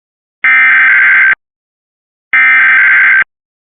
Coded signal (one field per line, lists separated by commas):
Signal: Emergency Alert System (SAME) tones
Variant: header bursts